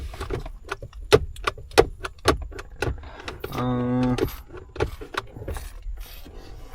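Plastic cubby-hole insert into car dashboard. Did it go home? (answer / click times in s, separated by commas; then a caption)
no / none. A plastic cubby-hole insert is pushed into its opening in the dashboard of a Matrix car, expecting it to snap in, with a series of sharp plastic knocks and taps from about 0.7 to 2.8 s, a brief humming tone around 3.6 to 4.3 s, and a few lighter taps after. Someone talks briefly. The insert goes in, but nothing has clicked or seated, and it does not stay because the retaining clips did not catch.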